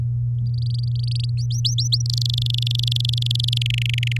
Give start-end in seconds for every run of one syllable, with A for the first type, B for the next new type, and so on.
0.46-1.30 A, 1.37-2.02 B, 2.06-3.58 C, 3.61-4.17 D